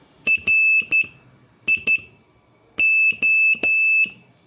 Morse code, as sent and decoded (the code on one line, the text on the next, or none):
.-. .. ---
RIO